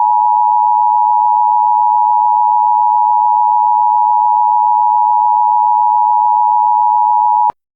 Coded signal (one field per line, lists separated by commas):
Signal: Emergency Alert System (SAME) tones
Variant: 853 and 960 Hz attention tone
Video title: EAS Child Abduction Emergency (AMBER Alert) Los Angeles and Orange County, California